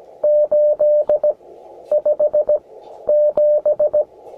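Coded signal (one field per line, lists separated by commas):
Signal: Morse code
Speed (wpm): 16 wpm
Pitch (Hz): 600 Hz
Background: radio noise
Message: 857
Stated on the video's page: CW QSO on 21 MHz keyed with a Begali Intrepid bug key.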